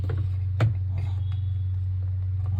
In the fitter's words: ఇదిగో చూసారు కదా, ఆ సౌండ్ వస్తే ఫిట్ అయినట్టు, లేదంటే లూజ్గా లూజ్గా ఉన్నట్టు అన్నమాట.